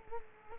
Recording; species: mosquito wingbeat signal from an infrared sensor; Culex quinquefasciatus